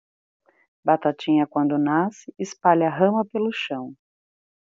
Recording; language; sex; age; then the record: short text; Brazilian Portuguese; female; 30 to 39 years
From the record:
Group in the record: control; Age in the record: 38 years